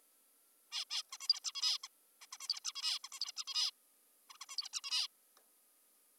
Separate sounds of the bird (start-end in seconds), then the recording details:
0.72-0.85, 0.90-1.03, 1.13-1.18, 1.21-1.28, 1.29-1.40, 1.44-1.52, 1.55-1.78, 1.84-1.88, 2.22-2.26, 2.33-2.38, 2.41-2.48, 2.49-2.60, 2.65-2.72, 2.76-2.99, 3.04-3.09, 3.13-3.20, 3.20-3.32, 3.36-3.44, 3.47-3.71, 4.30-4.38, 4.41-4.46, 4.50-4.57, 4.58-4.69, 4.73-4.81, 4.84-5.08. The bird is an adult. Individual g19o3U